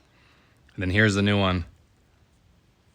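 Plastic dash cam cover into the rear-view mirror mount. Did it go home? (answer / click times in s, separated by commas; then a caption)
no / none. A new FITCAMX plastic rear-view mirror base cover with a built-in dash cam is handled before being pressed onto the rear-view mirror mount, while someone talks from about 0.8 to 1.6 seconds over quiet background. Nothing has seated or snapped into place yet.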